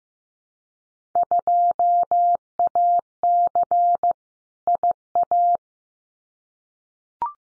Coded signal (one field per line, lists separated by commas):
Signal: Morse code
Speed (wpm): 15 wpm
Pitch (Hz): 700 Hz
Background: none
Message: 2AC IA